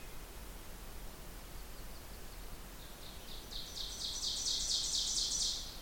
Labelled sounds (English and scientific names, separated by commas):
Ovenbird (Seiurus aurocapilla) song